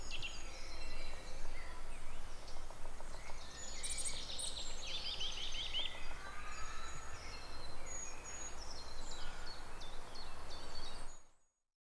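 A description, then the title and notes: Jays call with harsh, bright rasping bursts, busiest around four to five seconds, over a steady low forest rumble that fades out abruptly at the end. Zwei Eichelhäher in einem Wald in Deutschland . Two jays in a forest in Germany.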